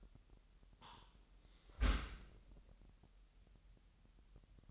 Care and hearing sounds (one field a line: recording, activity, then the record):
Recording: daily activity, microphone in the room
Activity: close dishwasher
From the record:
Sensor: 3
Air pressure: 998.3 hPa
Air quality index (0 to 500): 148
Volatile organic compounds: 5 ppm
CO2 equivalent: 1780 ppm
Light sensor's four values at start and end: 13/39/16/14 and 13/39/16/14